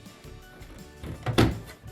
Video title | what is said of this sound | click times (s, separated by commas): 2023 Barbie Dreamhouse Step By Step Assembly - How To Build The Barbie Dreamhouse | And the back as well, and then it should snap right in. Got it. | 1.4 s